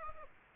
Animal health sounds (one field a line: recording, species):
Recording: mosquito wingbeat signal from an infrared sensor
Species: Aedes aegypti